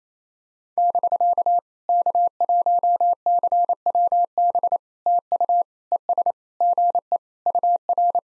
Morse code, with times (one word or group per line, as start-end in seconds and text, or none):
0.8-1.6 <BK>
1.9-4.8 K1CWB
5.1-5.6 TU
5.9-6.3 ES
6.6-7.2 GE
7.5-8.2 UR